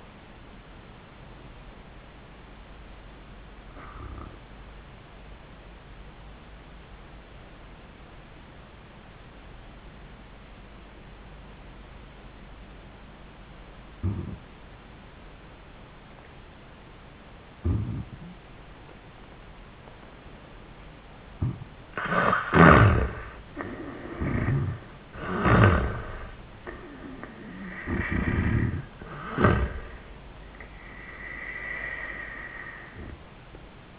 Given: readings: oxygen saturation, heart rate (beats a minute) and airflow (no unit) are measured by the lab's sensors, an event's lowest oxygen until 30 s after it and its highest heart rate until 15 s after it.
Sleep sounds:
breathing in sleep by a voice recorder at the bedside; 1
5.00-21.80 s: obstructive apnea (N1, oxygen 96% highest, then 82% lowest, heart rate 97 at the start, 100 highest)
From the record:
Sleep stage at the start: N1 (lightest sleep); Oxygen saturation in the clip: 74 to 96%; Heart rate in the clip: 80 to 100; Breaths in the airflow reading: 2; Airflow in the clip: -11.6 to 9.8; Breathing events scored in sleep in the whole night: 400 in 8.7 hours asleep

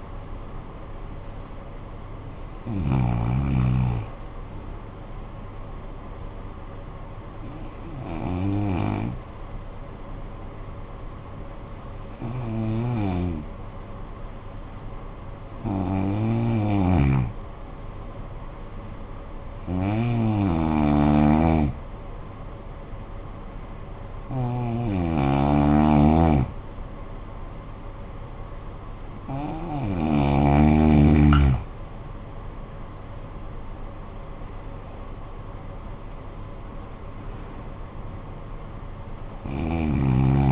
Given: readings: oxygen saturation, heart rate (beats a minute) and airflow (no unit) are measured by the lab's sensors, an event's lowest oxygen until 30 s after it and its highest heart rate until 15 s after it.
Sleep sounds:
breathing in sleep by a smartphone at the bedside; 1
11.00-31.40 s: hypopnea (N1, oxygen 96% highest, then 90% lowest, heart rate 52 at the start, 62 highest)
31.00-40.52 s: new sleep stage, N2 (light sleep)
From the record:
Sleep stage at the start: N1 (lightest sleep); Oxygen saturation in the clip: 90 to 96%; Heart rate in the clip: 52 to 62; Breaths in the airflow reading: 8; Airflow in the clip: -10.8 to 9.5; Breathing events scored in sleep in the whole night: 445 in 7.6 hours asleep

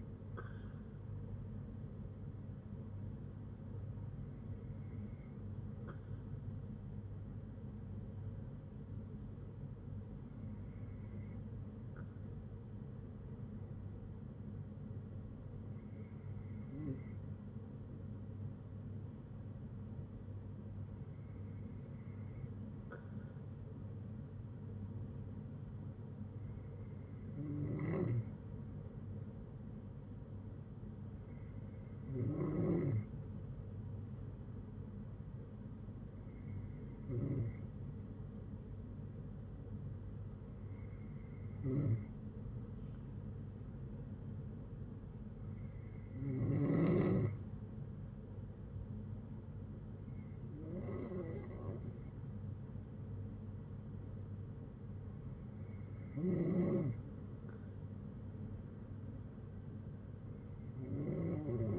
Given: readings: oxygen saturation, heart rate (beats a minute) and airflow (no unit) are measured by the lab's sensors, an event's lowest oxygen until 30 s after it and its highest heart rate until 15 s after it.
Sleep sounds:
breathing in sleep by a smartphone at the bedside; 1
3.00-33.00 s: new sleep stage, N3 (deep sleep)
13.00-33.00 s: hypopnea (N3, oxygen 95% highest, then 92% lowest, heart rate 59 at the start, 62 highest)
33.00-61.79 s: new sleep stage, N2 (light sleep)
From the record:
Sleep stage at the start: N2 (light sleep); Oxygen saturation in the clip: 92 to 95%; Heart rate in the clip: 57 to 68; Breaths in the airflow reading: 12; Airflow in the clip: -6.9 to 5.3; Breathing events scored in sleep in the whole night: 182 in 7.4 hours asleep

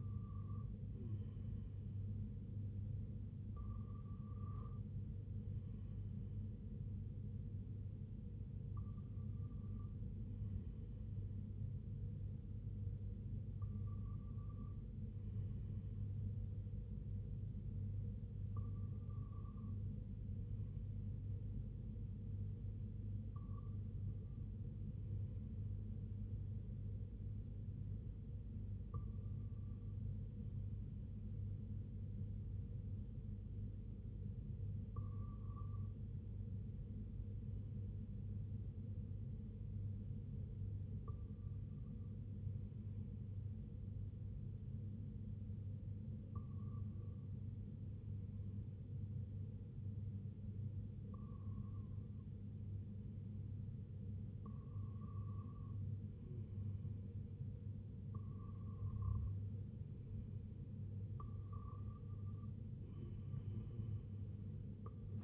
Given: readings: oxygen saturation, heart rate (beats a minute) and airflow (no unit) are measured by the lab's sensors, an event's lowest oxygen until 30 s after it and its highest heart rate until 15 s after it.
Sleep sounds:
breathing in sleep by a smartphone at the bedside; 1
35.00-59.40 s: hypopnea (REM, oxygen 96% highest, then 93% lowest, heart rate 71 at the start, 85 highest)
From the record:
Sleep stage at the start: REM sleep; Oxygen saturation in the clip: 94 to 96%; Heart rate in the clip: 70 to 80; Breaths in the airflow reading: 14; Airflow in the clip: -4.6 to 5.2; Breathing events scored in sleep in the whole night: 258 in 7.4 hours asleep

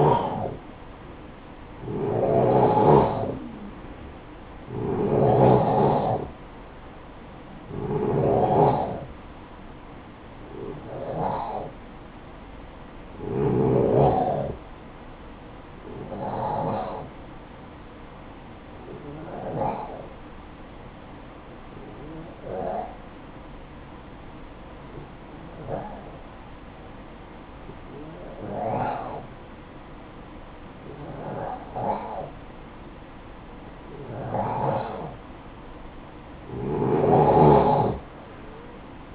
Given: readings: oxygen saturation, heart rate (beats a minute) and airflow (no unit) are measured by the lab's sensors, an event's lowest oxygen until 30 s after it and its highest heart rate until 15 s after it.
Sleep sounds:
breathing in sleep by a voice recorder at the bedside; none
none scored
From the record:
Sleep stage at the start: N2 (light sleep); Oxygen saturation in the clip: 89 to 92%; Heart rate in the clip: 53 to 64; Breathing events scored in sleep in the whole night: 573 in 9.8 hours asleep

